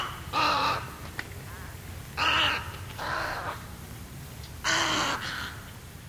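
Snowy egret giving harsh, raspy croaking calls, several rough bursts spaced irregularly over a few seconds.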